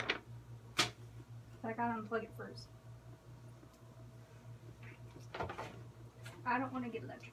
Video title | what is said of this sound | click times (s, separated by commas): Dragon Journal Ep. 20-Setting Up New UVB! | lamp holders and gently rotating the lamp one-quarter turn until the bulb clicks into place | 0.1 s, 0.8 s